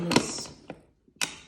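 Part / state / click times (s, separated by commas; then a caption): speech-generating device quick-release mount onto wheelchair mount plate / seated / 1.2 s. Someone talks as the quick mount, also called a slide mount, on the back of a Tobii Dynavox speech-generating device is lined up and slid onto a wheelchair mount plate. A soft knock is heard around 0.7 s, then a sharp click at 1.2 s as the device locks and seats on the plate.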